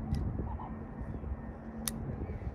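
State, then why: Seated. A folding pocket knife is opened with a firm grip until the blade locks into its liner or back lock, with a sharp click at 1.8 s confirming it is open and locked. A faint tick at 0.1 s and steady low background noise are also heard, and there is no talk in the clip.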